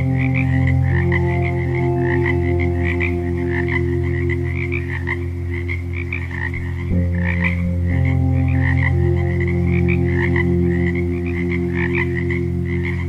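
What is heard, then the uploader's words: Dense, steady frog croaking pulses over a low, sustained meditation drone whose tones shift near seven and nine seconds, filling the whole clip. Frogs and Meditation Tones. Meditation music and nature sounds.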